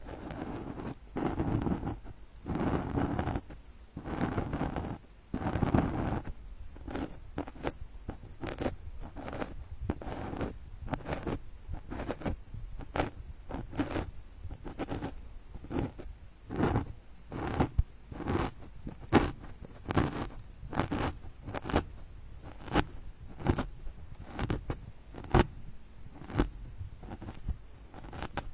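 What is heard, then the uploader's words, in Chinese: An eyeshadow palette is being destroyed, with sharp scraping and crunching strokes. The first few seconds are dense and rough; after that the strokes come as quick separate scratches, about two each second, crisp and bright. 毁掉你的眼影盘。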